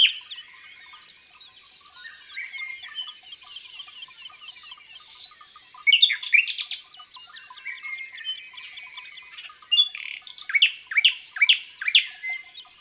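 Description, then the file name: Common nightingale singing varied phrases: a steady series of whistled notes, a harsh burst, then loud rapid chattering notes. Recorded in the countryside. "Rossignol philomele Chants doiseaux dans la campagne"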